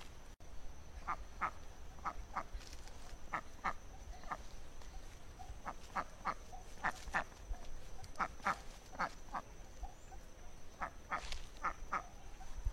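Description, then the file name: Duck quacking in short nasal notes, mostly in quick pairs, repeated every second or so, with a faint steady high tone running underneath throughout. "canto do pato selvagem"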